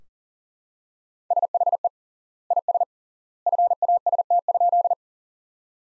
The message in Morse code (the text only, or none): SHE IS FAST?